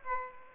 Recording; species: mosquito wingbeat signal from an infrared sensor; Aedes aegypti